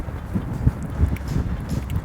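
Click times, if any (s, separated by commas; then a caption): none. The coupler of an aluminum trailer, with its lock flipped up, is lined up over the hitch ball of a 2015 Ford F-150 and cranked down toward it. Low rumbling handling noise is broken by short, sharp knocks at about 1.2 and 1.9 seconds. The coupler has not yet seated or clicked onto the ball.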